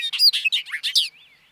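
Bobolink song: a rapid, bubbling burst of tinkling, metallic notes over about a second, ending in a faint drawn-out note.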